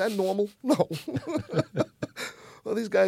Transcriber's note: soundbite of laughter